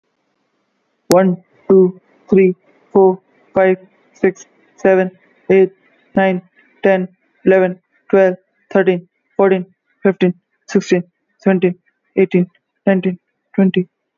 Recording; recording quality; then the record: counting at a normal pace; excellent, no background noise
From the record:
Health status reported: healthy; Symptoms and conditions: muscle pain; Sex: male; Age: 24 years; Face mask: worn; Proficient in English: yes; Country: India